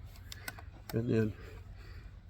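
The underlever release latch at the end of the barrel of a Hatsan Torpedo 100X .25 caliber air rifle is pushed up, giving two small clicks at 0.3 s and 0.5 s as the underlever cocking arm drops free. Someone then talks briefly.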